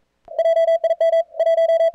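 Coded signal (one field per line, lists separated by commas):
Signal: Morse code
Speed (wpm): 44 wpm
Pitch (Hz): 3300 Hz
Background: radio noise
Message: JIM 1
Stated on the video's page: CWops CWT contest session on 40 meters, band in great shape.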